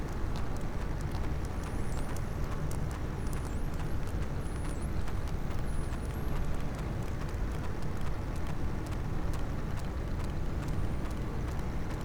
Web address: Physeter Macrocephalus clean cachalot positif